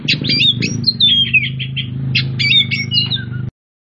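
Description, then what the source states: Oriental magpie-robin singing a hurried series of whistled and buzzy notes over a loud low hum, ending abruptly. Kacer Tretes, described as gacor (singing vigorously).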